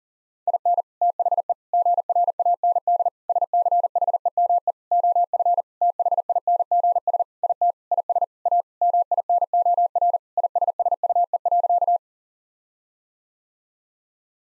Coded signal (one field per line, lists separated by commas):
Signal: Morse code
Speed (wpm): 37 wpm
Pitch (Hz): 700 Hz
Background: none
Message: IN THE GRAND SCHEME OF THINGS IT IS A MINOR ISSUE.